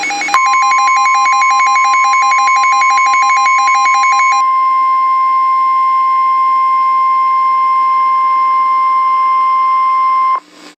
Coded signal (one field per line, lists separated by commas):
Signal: Emergency Alert System (SAME) tones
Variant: 1050 Hz attention tone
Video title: EAS Scenario: The Return Of My Late Grandparents